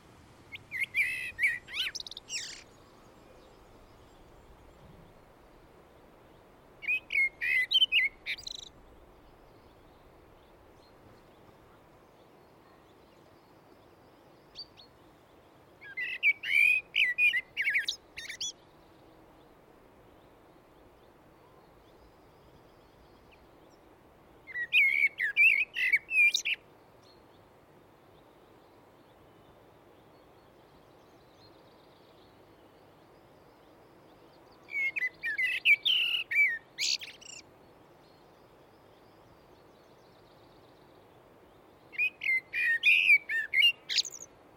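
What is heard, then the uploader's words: Natural sounds: a bird sings short bright phrases roughly every eight to ten seconds over a steady low hiss of background noise. Attended a Wildeye recording weekend in Northumberland. Natural sounds.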